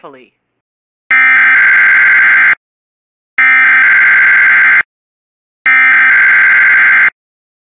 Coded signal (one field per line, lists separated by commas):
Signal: Emergency Alert System (SAME) tones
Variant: header bursts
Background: speech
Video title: (⚠️VALID TONES⚠️)WJONIP Comp with TONS of EAS including RWTS and Severe weather alerts